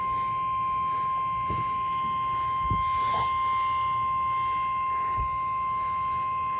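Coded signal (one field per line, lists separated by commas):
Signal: Emergency Alert System (SAME) tones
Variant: 1050 Hz attention tone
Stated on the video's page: Severe Thunderstorm Warning from weather radio station in Columbus, Ohio.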